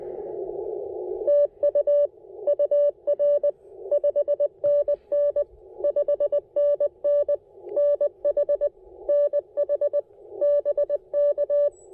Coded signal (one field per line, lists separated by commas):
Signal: Morse code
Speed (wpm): 19 wpm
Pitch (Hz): 580 Hz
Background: none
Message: TU UR 5NN 5NN NH NH BK